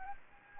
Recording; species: mosquito wingbeat signal from an infrared sensor; Anopheles gambiae